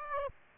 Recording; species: mosquito wingbeat signal from an infrared sensor; Aedes aegypti